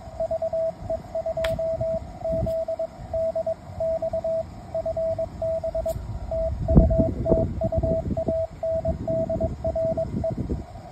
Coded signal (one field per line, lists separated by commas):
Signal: Morse code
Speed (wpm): 22 wpm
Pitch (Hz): 650 Hz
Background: radio noise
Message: VE2ZDX FB TU TU ANDRE